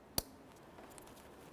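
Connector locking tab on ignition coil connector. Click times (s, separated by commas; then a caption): 0.2 s. On a 2005-2010 Chevy Cobalt, the gray plastic locking tab (connector position assurance) on the ignition coil connector is pushed closed by hand. It snaps shut with a sharp click at 0.2 s, followed by a faint tick near 1.0 s, and the connector is locked in place.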